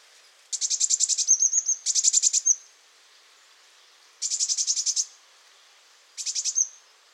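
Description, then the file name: Eurasian blue tit churring in harsh buzzy rattles, four bursts of varying length, some ending in a short thin note. "Cyanistes caeruleus"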